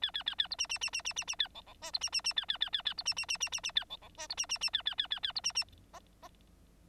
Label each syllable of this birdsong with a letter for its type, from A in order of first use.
A A A A B C C C C C C C A D D E B C C C A A A A A B C C C C C C A D D E B C C C A A A A A B C C F F